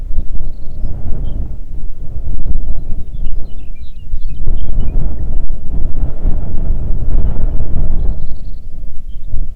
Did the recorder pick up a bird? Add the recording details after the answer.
yes. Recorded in the Arctic National Wildlife Refuge, Alaska, on 3 June 2019 at 05:03. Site 37